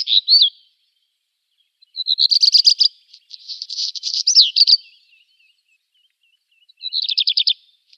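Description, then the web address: Black redstart singing high, fast repeated notes, then a harsh scratchy section ending in a sweeping note, followed after a pause by another rattling series of notes. "Schulze Peter Black Redstart song"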